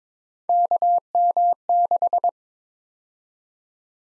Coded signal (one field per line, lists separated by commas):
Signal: Morse code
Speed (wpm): 22 wpm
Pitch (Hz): 700 Hz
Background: none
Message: KM6